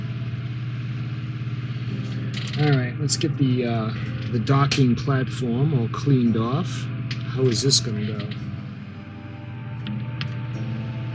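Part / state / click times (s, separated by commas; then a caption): docking platform piece on a plastic model ship hull / not seated / none. A docking platform piece is handled as it is readied to press onto the bow of the plastic hull of an F-Toys Navy Kit of the World Series 1/2000 scale HMHS Britannic model ship. Someone talks over a steady low hum, and two brief faint ticks come at about 9.9 and 10.2 seconds. Nothing has seated or clicked into place yet.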